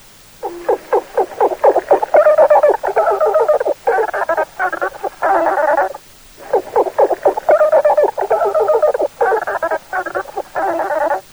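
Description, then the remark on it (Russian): Vocalizations of dolphins, sea-dwelling mammals: two long runs of rapid, buzzy pulsed calls at a mid pitch, chattering and rasping in quick bursts, separated by a brief pause, with no talking. “Своеобразные звуки издают и живущие в морях млекопитающие, например, дельфины. Вот их голос.”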